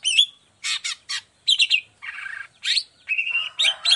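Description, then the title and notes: Long-tailed shrike singing a varied medley of rising whistles, buzzy rasps and a level whistled note, delivered in short bursts with brief gaps. Morning singing; song with 'toet toet' variation, described as clear-voiced, fully varied and easy for any long-tailed shrike to imitate. "Cendet Gacor Dor Di Kala Pagi Toet Toet Variasi Suara. Cendet Gacor Suara Jernih Full Variasi Sangat Mudah Di Tiru Cendet Jenis Apapun. Burung cendet"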